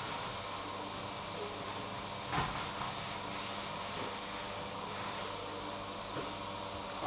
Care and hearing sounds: daily activity, microphone in the room; vacuum cleaning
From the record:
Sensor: 1

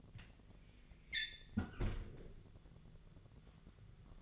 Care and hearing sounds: daily activity, microphone in the room; close fridge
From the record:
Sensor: 4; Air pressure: 1000.8 hPa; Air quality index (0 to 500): 133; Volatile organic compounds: 2 ppm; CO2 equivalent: 990 ppm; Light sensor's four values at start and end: 26/63/26/29 and 29/69/29/31

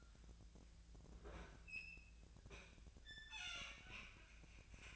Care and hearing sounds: daily activity, microphone in the room; open fridge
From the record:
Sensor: 2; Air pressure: 1009.5 hPa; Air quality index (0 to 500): 185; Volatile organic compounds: 11 ppm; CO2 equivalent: 2309 ppm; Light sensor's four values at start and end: 26/63/27/30 and 26/64/27/30

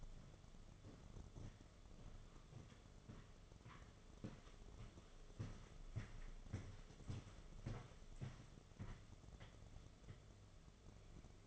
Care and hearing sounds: daily activity, microphone in the room; walk to room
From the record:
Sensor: 4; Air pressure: 1011.2 hPa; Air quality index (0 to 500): 133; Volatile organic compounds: 3 ppm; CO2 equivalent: 1364 ppm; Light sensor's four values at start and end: 208/539/231/241 and 180/465/200/207

